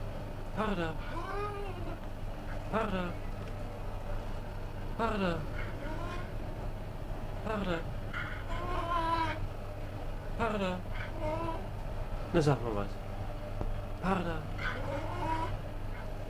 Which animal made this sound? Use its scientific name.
Neofelis nebulosa